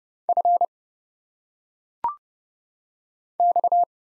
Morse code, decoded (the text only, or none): F X